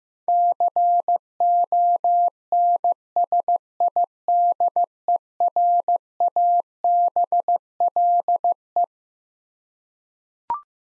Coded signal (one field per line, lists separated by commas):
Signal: Morse code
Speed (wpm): 15 wpm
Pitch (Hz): 700 Hz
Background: none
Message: CONSIDERABLE